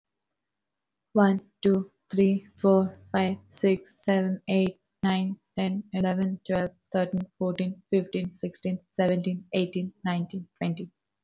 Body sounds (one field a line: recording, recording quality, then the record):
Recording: counting at a fast pace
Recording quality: excellent, no background noise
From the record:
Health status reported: healthy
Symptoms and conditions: none ticked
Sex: female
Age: 27 years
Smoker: not ticked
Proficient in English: yes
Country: India